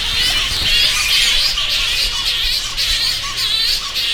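Flying foxes screeching and chittering in a busy overlapping chorus of sharp, high squeals.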